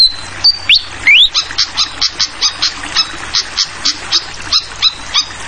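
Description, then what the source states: Flycatcher sings two rising whistled slurs, then a regular string of high chirps, over a soft rush of water. Called sikatan kipas, also sikatan londo; clear song mixed with the sound of trickling water, used as a masteran tutoring track for songbirds.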